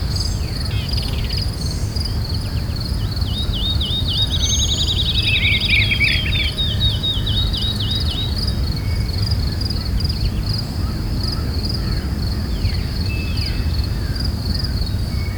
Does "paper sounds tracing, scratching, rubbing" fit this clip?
no